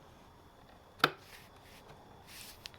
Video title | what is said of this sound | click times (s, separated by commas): How to replace a battery from Motorcycle? | you have to hear the snap | 1.0 s